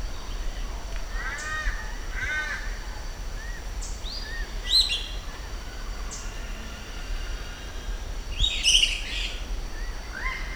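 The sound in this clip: Giant kingbird giving harsh, chattering calls in short bursts, loudest near the middle and end, with faint high chirps and a steady low rumble behind.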